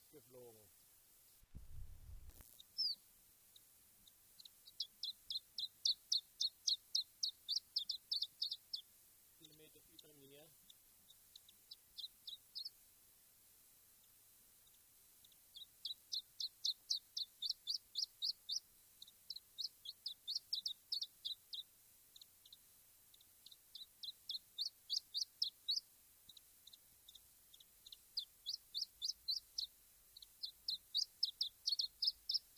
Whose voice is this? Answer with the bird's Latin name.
Phylloscopus ibericus